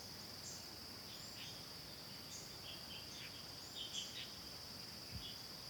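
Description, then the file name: Insect chorus: a steady, unbroken high hiss-like drone, with scattered short bird chirps. Constant insect sound in forest ambience, with a few birds. "ambience forests constant insect with few birds"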